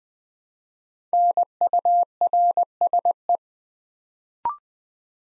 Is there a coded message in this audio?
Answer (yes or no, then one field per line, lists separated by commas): yes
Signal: Morse code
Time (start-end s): 1.1-3.4 s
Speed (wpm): 20 wpm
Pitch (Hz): 700 Hz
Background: none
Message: NURSE